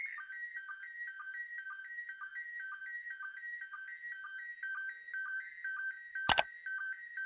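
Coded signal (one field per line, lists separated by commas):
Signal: SSTV (slow-scan television)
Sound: warbling tone jumping between two pitches, with short regular low blips and one click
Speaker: डिकोडेड समिति ने स्क्रीन रॉबर्ट ने liked The Video Channel इमेजेस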